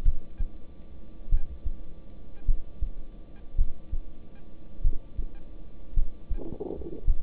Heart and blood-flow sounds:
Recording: heart sounds by stethoscope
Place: between the tricuspid and mitral areas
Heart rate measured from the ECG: 51 bpm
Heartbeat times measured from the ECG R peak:
0.03 s: heartbeat
1.29 s: heartbeat
2.45 s: heartbeat
3.56 s: heartbeat
4.82 s: heartbeat
5.94 s: heartbeat
7.05 s: heartbeat
From the record:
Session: rest, lying down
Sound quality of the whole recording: good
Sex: male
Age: 26 years

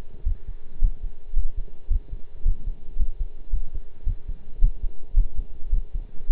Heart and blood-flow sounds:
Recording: heart sounds by stethoscope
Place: between the tricuspid and mitral areas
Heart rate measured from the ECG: 109 bpm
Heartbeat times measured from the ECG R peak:
0.25 s: heartbeat
0.81 s: heartbeat
1.35 s: heartbeat
1.90 s: heartbeat
2.45 s: heartbeat
2.99 s: heartbeat
3.52 s: heartbeat
4.06 s: heartbeat
4.61 s: heartbeat
5.16 s: heartbeat
5.72 s: heartbeat
6.29 s: heartbeat
From the record:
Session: pedaling a stationary bicycle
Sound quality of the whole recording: partially saturated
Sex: male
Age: 23 years

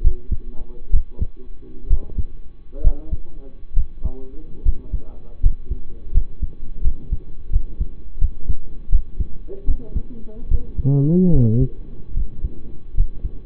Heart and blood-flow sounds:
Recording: heart sounds by stethoscope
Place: between the tricuspid and mitral areas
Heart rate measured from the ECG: 74 bpm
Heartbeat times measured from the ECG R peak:
0.02 s: heartbeat
0.91 s: heartbeat
1.88 s: heartbeat
2.81 s: heartbeat
3.74 s: heartbeat
4.62 s: heartbeat
5.40 s: heartbeat
6.11 s: heartbeat
6.81 s: heartbeat
7.50 s: heartbeat
8.18 s: heartbeat
8.89 s: heartbeat
9.65 s: heartbeat
10.48 s: heartbeat
11.30 s: heartbeat
12.14 s: heartbeat
12.94 s: heartbeat
From the record:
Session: rest, lying down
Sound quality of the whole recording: partially saturated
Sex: male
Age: 25 years

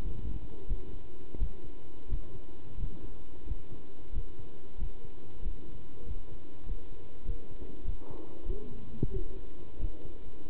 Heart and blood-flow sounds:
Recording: heart sounds by stethoscope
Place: between the tricuspid and mitral areas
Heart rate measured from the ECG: 92 bpm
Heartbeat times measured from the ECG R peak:
0.03 s: heartbeat
0.68 s: heartbeat
1.39 s: heartbeat
2.09 s: heartbeat
2.78 s: heartbeat
3.46 s: heartbeat
4.13 s: heartbeat
4.79 s: heartbeat
5.43 s: heartbeat
6.06 s: heartbeat
6.67 s: heartbeat
7.26 s: heartbeat
7.85 s: heartbeat
8.46 s: heartbeat
9.11 s: heartbeat
9.80 s: heartbeat
10.49 s: heartbeat
From the record:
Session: pedaling a stationary bicycle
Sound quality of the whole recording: good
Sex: male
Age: 27 years

